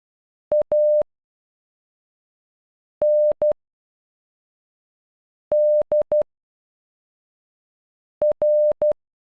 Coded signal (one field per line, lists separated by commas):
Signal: Morse code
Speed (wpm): 12 wpm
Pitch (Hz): 600 Hz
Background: none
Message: A N D R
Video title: Andrea in Morse code